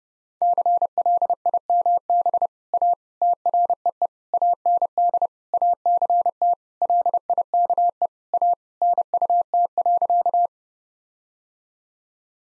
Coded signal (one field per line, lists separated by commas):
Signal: Morse code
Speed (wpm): 32 wpm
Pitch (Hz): 700 Hz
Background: none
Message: CLIMB A TREE AND ACT LIKE A NUT.